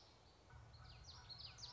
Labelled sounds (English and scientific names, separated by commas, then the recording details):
Common Yellowthroat (Geothlypis trichas)
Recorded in Sonoma County, California